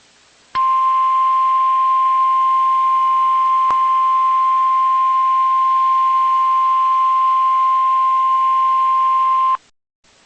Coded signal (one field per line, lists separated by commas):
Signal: Emergency Alert System (SAME) tones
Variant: 1050 Hz attention tone